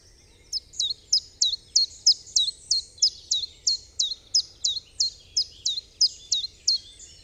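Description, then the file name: Common chiffchaff singing a steady series of high, sharp, downward-hooked notes, with a quiet low rumble beneath. Recorded on 15 April 2007. "Chiffchaff 2007 04 15"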